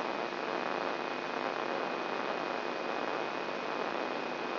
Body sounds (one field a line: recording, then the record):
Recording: brain microelectrode recording played as sound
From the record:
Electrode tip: outside the subthalamic nucleus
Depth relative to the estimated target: 1.5 mm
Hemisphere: right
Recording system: AlphaMap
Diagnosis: Parkinson's disease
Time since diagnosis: 11 years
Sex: male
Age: 67 years